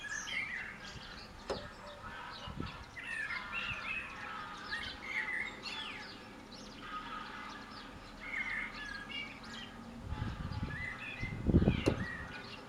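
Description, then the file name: Common blackbird song: mellow warbled phrases separated by pauses, with a low rumbling noise near the end. "Turdus merula"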